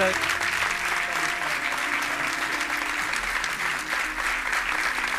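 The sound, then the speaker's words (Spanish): Sustained applause and ovation from the townspeople at a benefit concert, honouring the parents of a girl with leukemia: a dense steady wash of many hands clapping at an even loudness throughout, with no pause or fade. “Yo quiero que estéis aquí conmigo porque quiero que recibáis la ovación de vuestro pueblo.”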